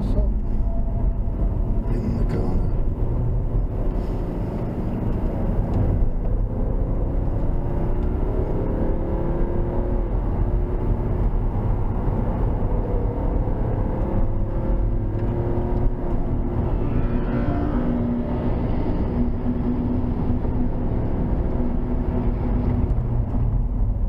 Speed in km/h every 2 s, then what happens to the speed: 61, 68, 74, 90, 109, 111, 124, 137, 150, 153, 155, 116.
0-17 speeds up to 153. 20-24 brakes to 116.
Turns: 4-12.